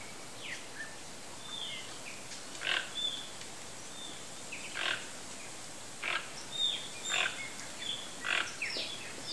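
Bird calls, scattered sharp chirps and brief whistles over a constant noisy hiss.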